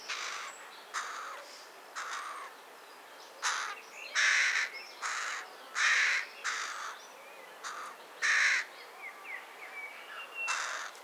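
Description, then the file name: Carrion crow cawing in a series of hoarse, grating calls, some louder and longer than others. "Corvus corone"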